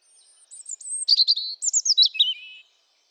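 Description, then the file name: European robin singing a tumbling phrase of high, sweet notes that slides steadily lower through quick, jumbled twitters over about two seconds. "Erithacus rubecula"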